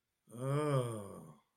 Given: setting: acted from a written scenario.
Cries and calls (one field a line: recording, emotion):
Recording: vocal sound without words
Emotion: ecstasy